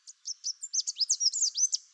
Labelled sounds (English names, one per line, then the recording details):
Chestnut-capped Warbler song
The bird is a male
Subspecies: delattrii
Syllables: 13
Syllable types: 12
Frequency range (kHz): 3.5-8.8 kHz
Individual CR-WWRS-M